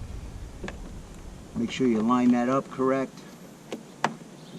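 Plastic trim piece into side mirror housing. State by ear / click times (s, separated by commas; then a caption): seated / 4.1 s. A plastic trim piece is lined up and pressed into the side mirror housing of a 2020 Toyota Camry while someone talks over a low background hum. Faint taps are heard at 0.7 s and 3.7 s, then a sharp snap at 4.1 s as the trim piece pops into place and seats.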